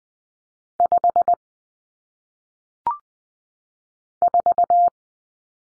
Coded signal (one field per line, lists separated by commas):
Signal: Morse code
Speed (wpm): 20 wpm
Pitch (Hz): 700 Hz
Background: none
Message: 5 4